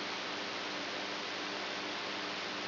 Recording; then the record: brain microelectrode recording played as sound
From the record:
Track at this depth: outside the subthalamic nucleus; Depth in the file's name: 7.503 mm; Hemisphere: right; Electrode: 2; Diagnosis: Parkinson's disease